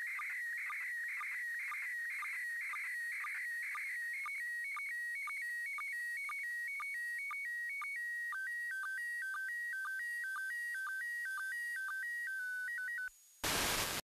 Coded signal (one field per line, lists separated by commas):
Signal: SSTV (slow-scan television)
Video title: ISS SSTV